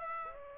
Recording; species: mosquito wingbeat signal from an infrared sensor; Aedes aegypti